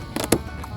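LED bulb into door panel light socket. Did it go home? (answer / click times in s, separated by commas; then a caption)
yes / 0.3 s. A small LED bulb is slid into its plastic socket in the door panel of a 2002 Chevy Suburban and snapped in. After a couple of softer taps, it seats with a loud, sharp click at 0.3 s. A faint tick follows near 0.6 s.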